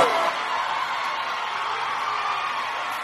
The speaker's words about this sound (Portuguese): Eu queria uma salva de palmas, por favor.